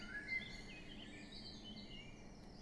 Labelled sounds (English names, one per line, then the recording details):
Eurasian Blackcap
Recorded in Germany
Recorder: ecoPi